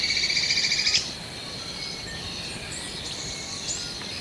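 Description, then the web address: White-throated spadebill giving one high, fast buzzy trill lasting about a second, followed by steady high background noise and faint chirps. Recorded in Ecuador. "S America Birds of Ecuador. White-throated Spadebill"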